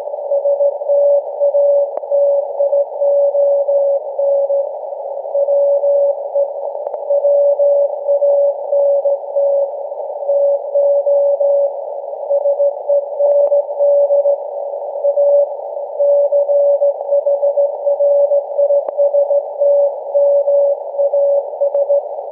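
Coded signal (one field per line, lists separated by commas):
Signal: Morse code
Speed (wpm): 16 wpm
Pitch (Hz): 570 Hz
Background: none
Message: STATION WE WANT TO SEND A CHRISTMAS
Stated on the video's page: Annual Christmas Morse message from SAQ Grimeton's Alexanderson Alternator on 17.2 kHz VLF, received with RSP1A SDR and Miniwhip antenna.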